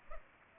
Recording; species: mosquito wingbeat signal from an infrared sensor; Culex pipiens